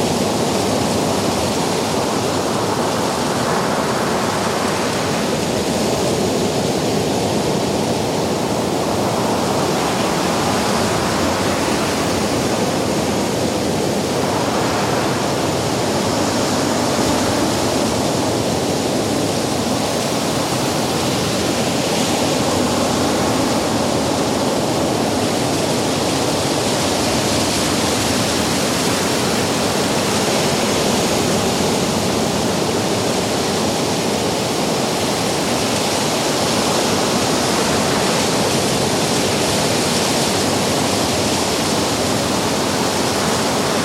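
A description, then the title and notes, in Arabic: Distant ocean waves on a stormy winter morning form a dense, steady roar that fills the whole clip. Slow swells rise and fall every few seconds, with a hiss of wind and surf layered over a deep low rumble and no distinct breaking crashes. أمواج المحيط البعيدة في صباح شتوي عاصف. تجربة الأجواء الباردة لصباح شتوي على شاطئ منعزل. في الخلفية، يمتزج هدير المحيط البعيد الخافت مع تقدم المد اللطيف.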